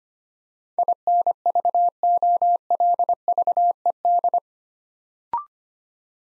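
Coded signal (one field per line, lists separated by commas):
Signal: Morse code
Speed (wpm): 25 wpm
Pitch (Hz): 700 Hz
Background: none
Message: INVOLVED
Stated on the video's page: Morse practice set for beginners building 8-letter words three letters at a time at 25 wpm, aimed at instant character recognition.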